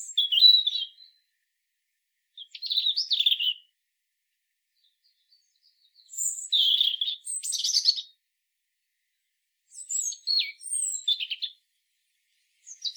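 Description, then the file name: European robin delivering four separate warbled phrases of high, liquid whistles and trills, each lasting one to two seconds with silent gaps between, and the start of another at the end. "Erithacus rubecula"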